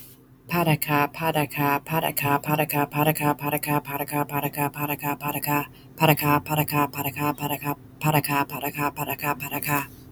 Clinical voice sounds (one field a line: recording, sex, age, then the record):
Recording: repeated syllables /pa ta ka/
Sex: female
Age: 30 to 39 years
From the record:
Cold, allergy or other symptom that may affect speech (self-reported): no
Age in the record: 37 years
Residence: North Carolina, United States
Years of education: 13